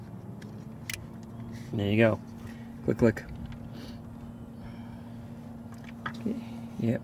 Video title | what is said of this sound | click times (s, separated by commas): Replacing Enphase inverter 1 of 3 20170511 133752 | you're gonna hear a double click there | 0.4 s, 0.9 s